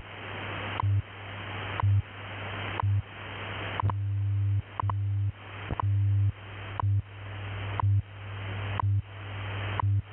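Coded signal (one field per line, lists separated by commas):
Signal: radio time signal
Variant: WWV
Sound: short ticks once a second over a low hum that drops out, with hissing static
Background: radio static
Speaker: At the tone, 16 hours, 3 minutes, Coordinated Universal Time.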